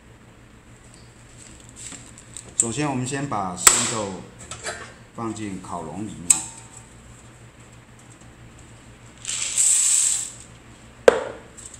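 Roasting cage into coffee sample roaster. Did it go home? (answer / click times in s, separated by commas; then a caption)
no / none. Green coffee beans are loaded into the metal roasting cage of an ASRw-01 Air Sampling Coffee Roaster (wifi, 125 g sample roaster), and the cage is being clamped shut to fix it inside the roaster. Someone talks while several sharp metallic hits sound, with a brief rushing noise around 9.5–10.3 s and the loudest hit at 11.1 s. Nothing has seated or clicked home yet.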